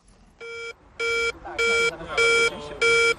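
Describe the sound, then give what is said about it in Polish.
The intrusion alarm of a Polish-built Advanced Protection Systems anti-drone system beeps five times as a drone enters its protected zone, during a demonstration on the side pitch of the Legia Warsaw stadium. The beeps are steady and evenly spaced, each tone high, bright and buzzy, with a faint murmur of voices in between. “To oznacza, że obcy obiekt naruszył tę strefę zamkniętą.”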